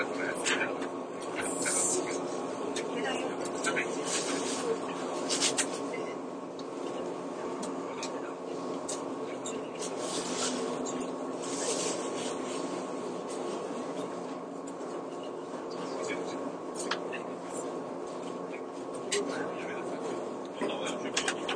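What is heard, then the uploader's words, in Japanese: Inside a train car running between Atami and Ito, a steady low rumble and hum of the moving carriage fills the whole clip. Muffled voices murmur throughout, with brief clicks and rattles scattered over a constant, even level of noise. 伊豆急2100系(キンメ電車) 熱海〜伊東。JR伊東線の区間で録音した。制御機器など制御方式は全編成とも抵抗制御である。ブレーキシステムは発電ブレーキ併用電磁直通ブレーキ (HSC-D) であり、合わせて抑速ブレーキも装備する。主電動機はTDK806/5-A、歯車比は5.31。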